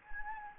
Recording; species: mosquito wingbeat signal from an infrared sensor; Anopheles gambiae